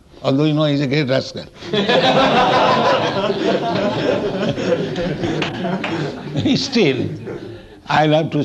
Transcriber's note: laughter